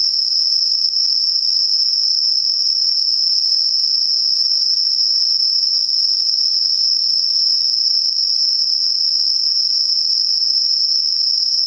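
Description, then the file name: Insect song as a steady, shrill high trill, unchanging from start to finish, with little else audible. Night insects; recorded at night, dated 12 September 2023. "yorunomushi 230912"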